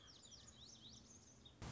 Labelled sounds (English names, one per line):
Lazuli Bunting